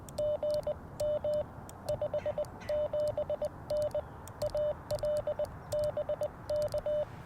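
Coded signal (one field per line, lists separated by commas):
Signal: Morse code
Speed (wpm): 20 wpm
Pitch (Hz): 590 Hz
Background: radio noise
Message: GM 57N AL BK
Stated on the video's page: QRP CW Parks on the Air activation with FX-4CR radio, Alex Loop Ham Pack antenna and Modern Morse Nameless key.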